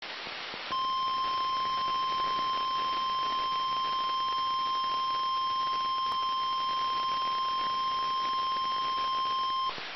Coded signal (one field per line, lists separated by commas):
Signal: Emergency Alert System (SAME) tones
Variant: 1050 Hz attention tone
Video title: BMX test EAS 255